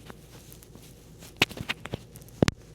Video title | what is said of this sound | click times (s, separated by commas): Unboxing the DJI Mic Mini | And if you want, you know, the windscreen, if you need it, you'll hear a click. | 2.5 s